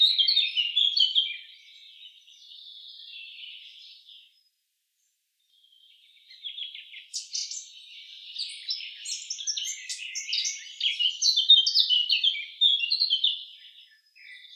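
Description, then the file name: Eurasian blackcap singing a fast, jumbled warble, a quieter scratchy stretch, a short pause, then a louder tumbling run of bright notes. "Sylvia atricapilla"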